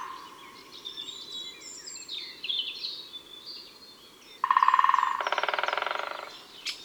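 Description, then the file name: Great spotted woodpecker drumming, rapid rolls of knocks, after soft chirps of other birds. Recorded in January. "Janvier Le Pic epeiche"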